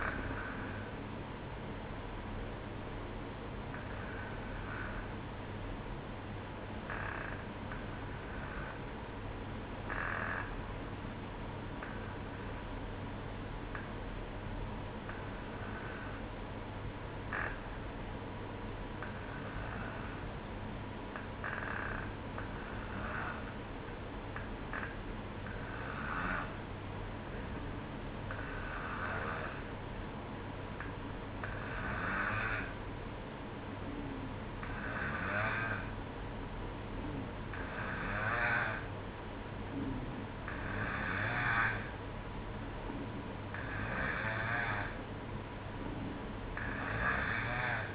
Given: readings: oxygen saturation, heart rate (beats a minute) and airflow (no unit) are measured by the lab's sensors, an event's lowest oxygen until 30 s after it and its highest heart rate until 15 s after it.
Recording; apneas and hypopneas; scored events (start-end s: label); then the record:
breathing in sleep by a voice recorder at the bedside; 1
3.00-35.00 s: hypopnea (N1, oxygen 94% highest, then 90% lowest, heart rate 59 at the start, 65 highest)
From the record:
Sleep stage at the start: N1 (lightest sleep); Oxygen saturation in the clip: 90 to 94%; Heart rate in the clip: 59 to 65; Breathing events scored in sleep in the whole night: 305 in 9.6 hours asleep